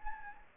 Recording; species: mosquito wingbeat signal from an infrared sensor; Anopheles gambiae